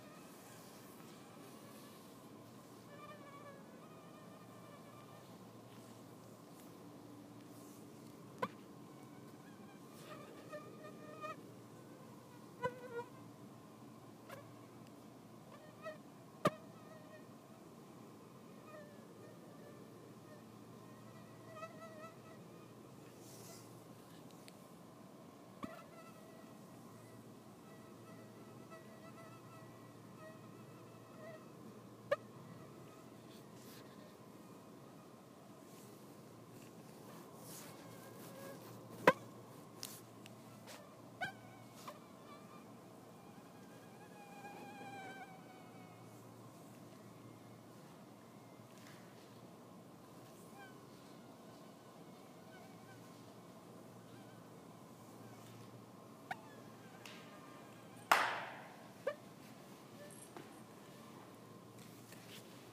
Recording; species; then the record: mosquito flight sound by mobile phone; Anopheles stephensi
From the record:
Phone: iPhone 6